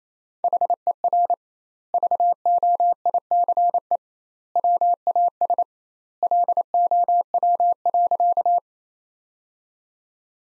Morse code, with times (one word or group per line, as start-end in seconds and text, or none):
0.4-1.3 HER
1.9-4.0 VOICE
4.6-5.6 WAS
6.2-8.6 LOW.